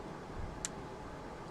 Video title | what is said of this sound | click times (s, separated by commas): Z.A.F.T. Mobile Suit ZGMF-X10A A.K.A Freedom Gundam. Part 4. Finale! | oh, he just snaps into place right here. | 0.7 s